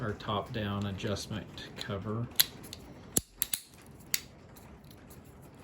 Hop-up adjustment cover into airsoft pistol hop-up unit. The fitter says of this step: so that just snaps back into place if you remember we removed it by kind of grabbing onto those fins there